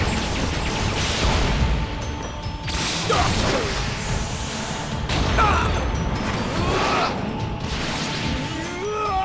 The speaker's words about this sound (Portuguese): Quinto soco! Explosão de energia superdestrutiva!